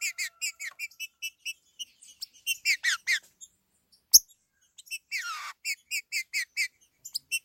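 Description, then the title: Green-winged saltator song: evenly spaced chirped notes, a falling slurred run, a sharp click, then more rhythmic chirps. "Trinca Ferro"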